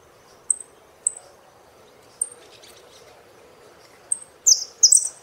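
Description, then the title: Saffron finch: a few sharp, very high single chips at uneven intervals, then a short loud burst of jumbled high notes at the end. "Jilguero Argentino"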